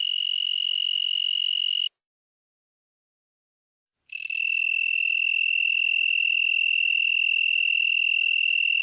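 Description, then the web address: Broad-winged tree cricket song: a continuous high trill that stops for about two seconds of silence, then resumes steadily at the same pitch. "Crickets and Katydids. Broadwinged Tree Cricket, Oecanthus latipennis"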